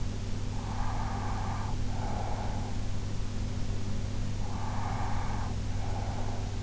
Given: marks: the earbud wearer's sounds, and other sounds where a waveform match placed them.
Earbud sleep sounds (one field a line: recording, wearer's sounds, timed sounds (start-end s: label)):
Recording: sounds in sleep by an in-ear microphone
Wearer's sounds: breath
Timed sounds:
0.54-2.86 s: breath
4.23-6.63 s: breath